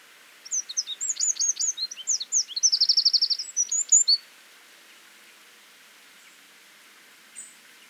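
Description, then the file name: Eurasian wren song: an explosive string of high, sharp notes leading into a fast rattling trill, then a few final chips, followed by quiet. "Troglodytes troglodytes"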